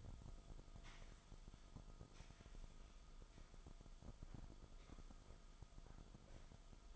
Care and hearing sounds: daily activity, microphone in the room; sweep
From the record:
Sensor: 5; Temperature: 24.0 degrees Celsius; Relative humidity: 36.6%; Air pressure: 1004.8 hPa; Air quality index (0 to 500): 95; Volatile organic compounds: 2 ppm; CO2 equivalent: 1146 ppm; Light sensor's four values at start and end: 34/80/32/31 and 35/81/32/31

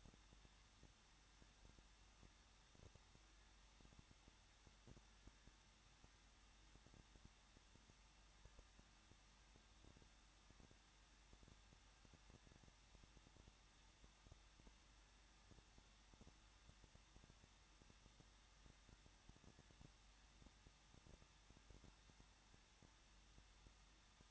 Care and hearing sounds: daily activity, microphone in the room; no activity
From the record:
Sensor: 3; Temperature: 21.3 degrees Celsius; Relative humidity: 36.2%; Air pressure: 1006.5 hPa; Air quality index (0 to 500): 220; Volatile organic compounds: 39 ppm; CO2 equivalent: 3132 ppm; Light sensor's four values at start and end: 2/3/2/2 and 2/3/2/2

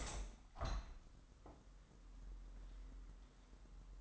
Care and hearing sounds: daily activity, microphone in the room; open window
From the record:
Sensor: 3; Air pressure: 998.1 hPa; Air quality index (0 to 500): 152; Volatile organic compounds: 5 ppm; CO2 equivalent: 1825 ppm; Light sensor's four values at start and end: 13/37/15/14 and 13/37/15/14

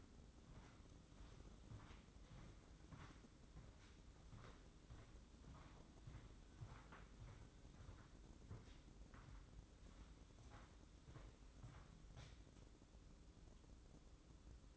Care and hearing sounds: daily activity, microphone in the room; walk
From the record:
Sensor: 3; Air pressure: 995.9 hPa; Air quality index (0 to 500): 248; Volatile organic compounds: 1000 ppm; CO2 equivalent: 6361 ppm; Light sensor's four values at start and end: 44/106/46/51 and 44/106/46/51

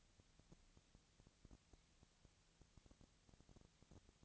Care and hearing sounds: daily activity, microphone in the room; no activity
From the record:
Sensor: 3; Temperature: 20.6 degrees Celsius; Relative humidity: 35.7%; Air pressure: 998.8 hPa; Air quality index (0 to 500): 235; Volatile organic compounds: 71 ppm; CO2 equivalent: 3526 ppm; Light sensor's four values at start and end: 2/3/2/2 and 2/3/2/2

